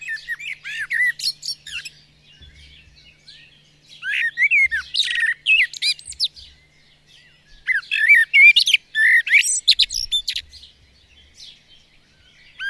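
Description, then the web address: Bird singing three bursts of fast, jumbled chirps and warbling whistles, each phrase several seconds long, separated by short pauses. "madarak enek"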